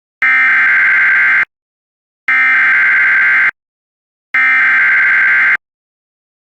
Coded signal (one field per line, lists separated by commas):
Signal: Emergency Alert System (SAME) tones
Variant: header bursts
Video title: EAS Alerts From 7/18/23 (EAS #1917-1936)